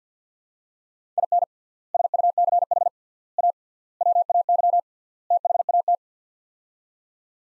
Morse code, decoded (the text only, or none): IN SUCH A WAY THAT